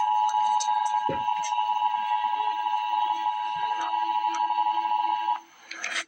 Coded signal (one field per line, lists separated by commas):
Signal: Emergency Alert System (SAME) tones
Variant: 853 and 960 Hz attention tone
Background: speech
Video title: Emergency Alert System - Wind Advisory - Mar 14, 2025 at 1:02 PM EDT